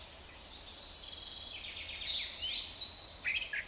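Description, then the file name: Eurasian blackcap with a rapid, scratchy warble of high chittering notes that ends in a few brighter, sharper phrases. "Sylvia atricapilla"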